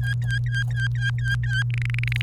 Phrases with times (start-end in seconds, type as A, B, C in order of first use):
0.01-1.63 A, 1.70-2.22 B